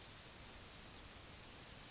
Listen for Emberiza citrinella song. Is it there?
no